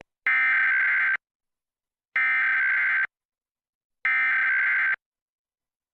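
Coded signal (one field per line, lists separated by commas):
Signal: Emergency Alert System (SAME) tones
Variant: header bursts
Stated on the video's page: Recreation of EAS tones of the 2011 and 2023 national tests.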